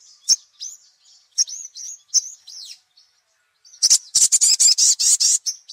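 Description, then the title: Little spiderhunter song: scattered high chirps and slurred whistles, then a loud rapid chattering burst near the end. 'Labaik' song variety; used for training songbirds. "Sogok Ontong Labaik"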